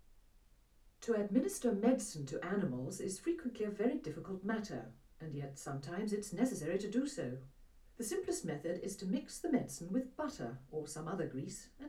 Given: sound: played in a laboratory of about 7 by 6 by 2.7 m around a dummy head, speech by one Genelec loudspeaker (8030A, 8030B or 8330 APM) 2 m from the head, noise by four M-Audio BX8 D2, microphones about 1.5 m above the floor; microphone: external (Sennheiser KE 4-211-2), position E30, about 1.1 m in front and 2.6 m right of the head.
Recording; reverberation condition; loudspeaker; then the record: female speech in English; low; 90 degrees to the left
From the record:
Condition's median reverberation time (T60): about 310 ms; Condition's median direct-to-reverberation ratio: about 3.5 dB